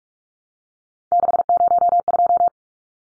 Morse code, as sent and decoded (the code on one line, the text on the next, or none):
-.... ----- ..---
602